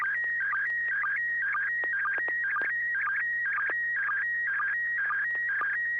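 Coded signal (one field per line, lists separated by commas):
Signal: SSTV (slow-scan television)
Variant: PD120 mode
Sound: warbling tone hopping between two pitches, with brief low blips and occasional swoops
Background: radio hiss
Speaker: let me do a quick tone test [Music] the floor is yours here we go pd120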